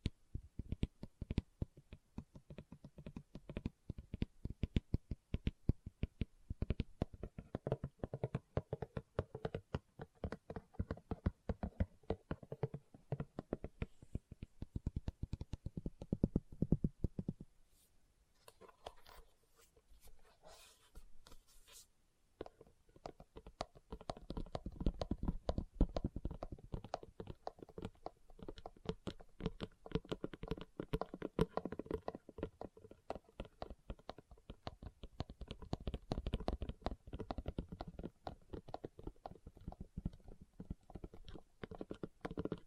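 Fingers tap and scratch on leather in dense, rapid bursts, with a sparse, quieter pause around eighteen to twenty-two seconds before resuming.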